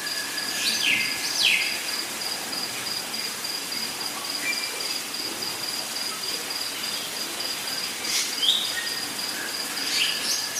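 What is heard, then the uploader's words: Rainforest ambience built on a dense, steady wash of insect and cricket buzzing, with one thin high whine holding constant throughout. Brief bright bird calls, sweeping downward, break through near the start, around the middle, and again after eight seconds. Total Rainforest Immersion. Costa Rica.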